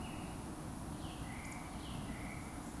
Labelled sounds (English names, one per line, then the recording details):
Eurasian Woodcock whistle
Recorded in Baden-Württemberg, Germany, on 29 June 2020 at 20:01 UTC
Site 44395, 213 m above sea level